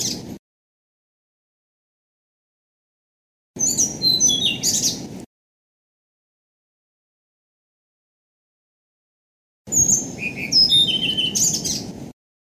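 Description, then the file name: Blue-throated flycatcher singing in separate bursts of quick, high twittering and sliding whistles, with long silent gaps between and low background rumble during each phrase. "kicau-sikatan-blue-throated -omkicau"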